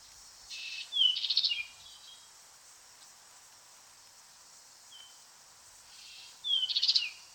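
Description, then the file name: European goldfinch song in two short bursts of rapid tinkling, twittering notes with a single thin descending whistle between them, over a quiet background. "Stieglitz Gesang Voegel in Europa"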